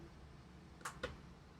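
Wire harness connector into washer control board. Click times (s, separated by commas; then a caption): 0.9 s, 1.0 s. A plastic wire harness connector is pushed into the washer's control board on the control panel side. Two sharp clicks are heard at 0.9 s and 1.0 s over a quiet background. The connector is seated and plugged in.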